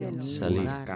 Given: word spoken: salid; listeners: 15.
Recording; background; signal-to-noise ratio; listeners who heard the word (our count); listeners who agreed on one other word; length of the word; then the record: one Spanish word in noise, from a listening test; four-talker babble; 0.9 dB; 1 of 15; 11 of 15; 0.56 s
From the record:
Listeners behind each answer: 11, 2, 1, 1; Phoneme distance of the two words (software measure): 10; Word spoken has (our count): 2 syllables, 5 phonemes, stress on syllable 2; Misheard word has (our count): 2 syllables, 5 phonemes, stress on syllable 2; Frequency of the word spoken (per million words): 0.27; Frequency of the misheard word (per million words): 147.13